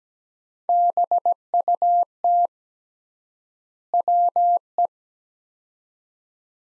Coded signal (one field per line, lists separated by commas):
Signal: Morse code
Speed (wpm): 17 wpm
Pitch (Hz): 700 Hz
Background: none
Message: BUT WE